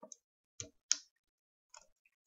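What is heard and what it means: A steel mainspring is reinstalled in a Colt double-action revolver frame during reassembly. Two sharp metallic clicks at 0.6 s and 0.9 s mark the spring snapping back into place, with fainter ticks around them. The mainspring is seated.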